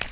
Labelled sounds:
Black-throated Green Warbler flight call

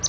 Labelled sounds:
Palm Warbler flight call

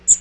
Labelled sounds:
Magnolia Warbler flight call

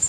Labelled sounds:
Prairie Warbler flight call

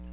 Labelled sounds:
Black-throated Blue Warbler flight call

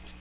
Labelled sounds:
Magnolia Warbler flight call

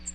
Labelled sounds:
American Redstart flight call

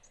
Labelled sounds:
Lucy's Warbler flight call

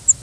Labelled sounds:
Cape May Warbler flight call

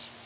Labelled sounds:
American Redstart flight call

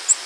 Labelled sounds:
Nashville Warbler flight call

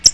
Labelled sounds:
American Redstart flight call

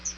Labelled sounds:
Chestnut-sided Warbler flight call

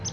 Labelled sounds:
Palm Warbler flight call

